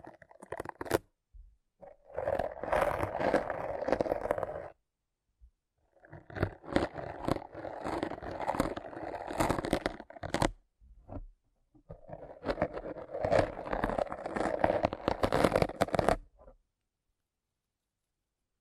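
Rough scraping and picking at a brain, heard as wet, crackly rasping in three long bursts, around 2–5, 6–10 and 12–16 seconds. Each burst is dense with small tearing crackles and squelches, broken by short taps and pauses, then silence after 17 seconds.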